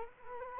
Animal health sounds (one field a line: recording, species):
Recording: mosquito wingbeat signal from an infrared sensor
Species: Culex quinquefasciatus